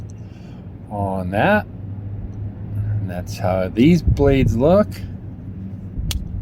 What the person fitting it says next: Oh, I'm a little bit disappointed that didn't snap right back.